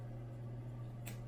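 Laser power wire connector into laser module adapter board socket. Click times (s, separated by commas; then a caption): 1.1 s. The plastic connector of the laser power wire for a FoxAlien 80 watt laser upgrade is pushed into its socket on the small laser module adapter board over a steady low hum. A short, sharp click at 1.1 s is the connector latching in, and it is seated.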